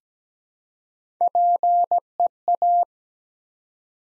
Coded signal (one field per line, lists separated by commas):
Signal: Morse code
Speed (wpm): 17 wpm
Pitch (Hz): 700 Hz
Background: none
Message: PEA